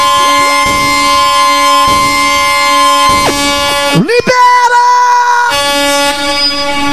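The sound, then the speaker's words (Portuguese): A loud, blaring air horn sounds in repeated sustained blasts, its harmonic tones holding steady, with a sharp rising sweep and a brief break in the middle before the honking resumes. “Pera que eu trouxe a buzinada.”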